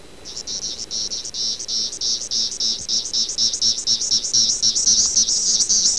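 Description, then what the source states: Periodical cicada chorus: a dense, high buzzing drone, pulsing in rapid waves of about four per second, with a faint low hum beneath. Recorded in Michigan.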